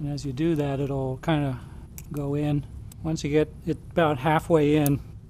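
A metal wrist pin retaining clip is worked into its groove in the piston pin bore, compressed around its gap, while pistons are assembled onto connecting rods during a rebuild of a 2004 MINI Cooper S R53 engine. Someone talks throughout, with no distinct handling sounds standing out. The clip has not snapped in or seated yet.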